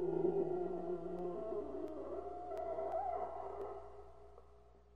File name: Wolf Howl